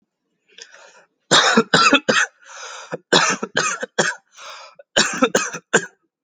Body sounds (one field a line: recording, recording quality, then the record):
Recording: heavy voluntary cough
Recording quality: excellent, no background noise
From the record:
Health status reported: healthy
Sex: male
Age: 25 years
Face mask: not worn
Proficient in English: yes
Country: United States